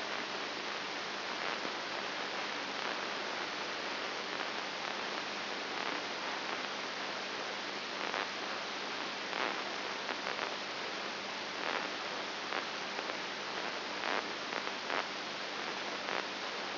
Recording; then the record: brain microelectrode recording played as sound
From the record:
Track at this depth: inside the subthalamic nucleus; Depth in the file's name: 4.101 mm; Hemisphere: right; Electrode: 2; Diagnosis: Parkinson's disease